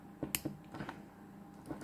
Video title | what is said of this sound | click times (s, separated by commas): How to remove watch links with any SIM ejector pin | it snaps just like that all right so it has to snap and | 0.3 s